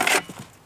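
Pressing the blue release button on a Kobalt 80 Volt Max cordless leaf blower releases the battery pack, which pops out of the handle housing. Sharp clicks at 0.0 s and 0.1 s ride on a bright, rasping burst that lasts about 0.2 s, followed by two faint low knocks. The pack is released.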